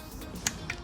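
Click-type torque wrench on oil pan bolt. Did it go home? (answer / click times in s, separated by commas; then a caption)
yes / 0.5 s, 0.7 s. A click-type torque wrench set to 12 Nm is tightened on an oil pan bolt of a 2010-2018 Jeep Compass, giving sharp clicks at 0.5 s and 0.7 s over low background noise. The clicks, along with a felt movement in the wrench, confirm the bolt has reached its torque setting and needs no more tightening.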